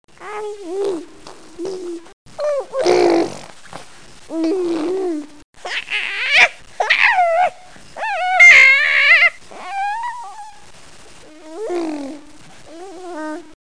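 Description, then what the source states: Dog: puppy whimpers and yips, high wavering whines bending up and down in short bursts with brief pauses between them, some cries rougher and louder. Puppies.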